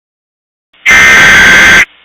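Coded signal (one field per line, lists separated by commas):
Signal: Emergency Alert System (SAME) tones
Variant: header bursts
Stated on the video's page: Fictional EAS scenario.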